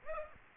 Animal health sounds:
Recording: mosquito wingbeat signal from an infrared sensor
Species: Aedes aegypti

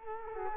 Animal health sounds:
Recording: mosquito wingbeat signal from an infrared sensor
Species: Culex quinquefasciatus

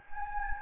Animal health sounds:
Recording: mosquito wingbeat signal from an infrared sensor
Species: Anopheles gambiae

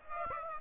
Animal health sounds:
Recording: mosquito wingbeat signal from an infrared sensor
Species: Aedes aegypti

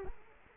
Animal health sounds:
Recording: mosquito wingbeat signal from an infrared sensor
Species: Culex quinquefasciatus

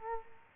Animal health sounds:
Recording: mosquito wingbeat signal from an infrared sensor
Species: Culex quinquefasciatus

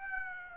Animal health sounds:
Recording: mosquito wingbeat signal from an infrared sensor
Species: Aedes aegypti

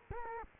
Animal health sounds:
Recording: mosquito wingbeat signal from an infrared sensor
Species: Culex quinquefasciatus

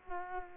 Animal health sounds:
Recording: mosquito wingbeat signal from an infrared sensor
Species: Culex quinquefasciatus

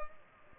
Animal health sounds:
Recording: mosquito wingbeat signal from an infrared sensor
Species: Culex pipiens

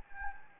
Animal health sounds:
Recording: mosquito wingbeat signal from an infrared sensor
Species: Anopheles gambiae

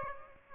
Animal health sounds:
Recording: mosquito wingbeat signal from an infrared sensor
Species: Aedes aegypti

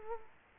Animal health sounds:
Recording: mosquito wingbeat signal from an infrared sensor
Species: Culex quinquefasciatus

